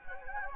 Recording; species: mosquito wingbeat signal from an infrared sensor; Anopheles gambiae